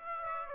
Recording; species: mosquito wingbeat signal from an infrared sensor; Aedes aegypti